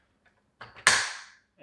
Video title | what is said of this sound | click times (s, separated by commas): How to deep clean your Dyson! | And you just pop it open and hear a clip. clicking sound. | 0.9 s